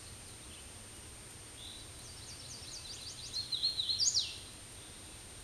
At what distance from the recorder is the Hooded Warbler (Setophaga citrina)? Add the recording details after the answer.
about 25 m. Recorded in a Pennsylvania forest on 18 May 2023 at 07:33. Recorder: AudioMoth, point grid1_31_low. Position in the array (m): 157 m, 113 m